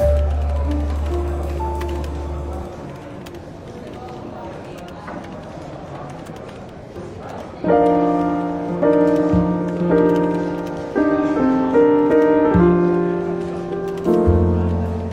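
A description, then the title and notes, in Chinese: Soft jazz plays in a bookshop café, a low bass line and mellow chords holding steady tones, swelling fuller and louder from about eight seconds on. Faint chatter and small clinks sit underneath, a light, indistinct murmur of people in an indoor space. 伦敦书店咖啡馆轻微喧闹氛围与柔和轻松的爵士背景音乐。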